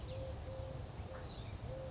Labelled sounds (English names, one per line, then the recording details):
Eurasian Collared Dove
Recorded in Sonoma County, California